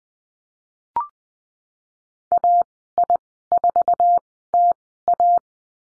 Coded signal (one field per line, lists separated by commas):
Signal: Morse code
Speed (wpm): 20 wpm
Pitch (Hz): 700 Hz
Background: none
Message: AI4TA